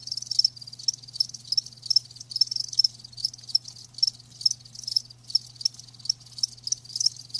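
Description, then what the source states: Cricket chirps, short high pulsed bursts repeated in quick succession over a soft continuous insect chorus and a low steady hum. Live crickets chirping with a lulling song.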